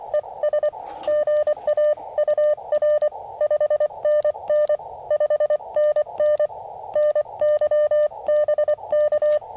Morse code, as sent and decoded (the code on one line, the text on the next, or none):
. ... / --. .- ..- .-. / ..... -. -. / ..... -. -. / -. -.-- -... -.-
ES GAUR 5NN 5NN NYBK